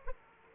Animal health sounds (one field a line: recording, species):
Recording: mosquito wingbeat signal from an infrared sensor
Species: Aedes aegypti